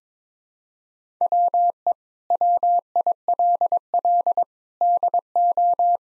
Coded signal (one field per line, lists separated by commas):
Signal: Morse code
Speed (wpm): 22 wpm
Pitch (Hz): 700 Hz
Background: none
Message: WE WILL DO